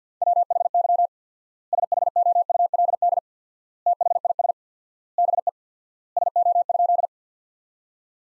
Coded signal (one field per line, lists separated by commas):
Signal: Morse code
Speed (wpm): 50 wpm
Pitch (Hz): 700 Hz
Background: none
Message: WHY SHOULD THIS BE SO?